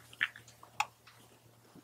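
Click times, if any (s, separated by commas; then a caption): 0.8 s. The electrical connector of an ignition coil pack is snapped onto the coil on a VW 2.0T TSI engine after the coil packs are pushed down onto the spark plugs. A few small clicks and ticks lead up to a sharp plastic click at 0.8 s as the connector locks in place and seats.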